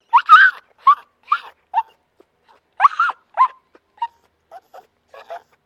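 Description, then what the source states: Small dog whining in short, high, nasal yelps and whimpers, about a dozen broken cries, louder at first and again near three seconds, then fading. Maltese terrier, a small dog in a distressed state.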